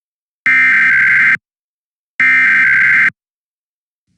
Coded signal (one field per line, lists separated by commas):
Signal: Emergency Alert System (SAME) tones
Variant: header bursts